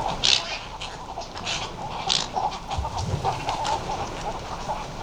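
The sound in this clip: Western cattle egret harsh, croaking calls in short bursts over steady chattering from many birds.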